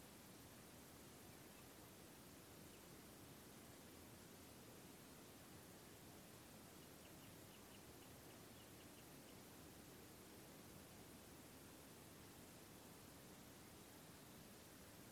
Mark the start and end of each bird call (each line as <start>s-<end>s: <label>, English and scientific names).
6.78s-9.33s: Common Nightingale (Luscinia megarhynchos)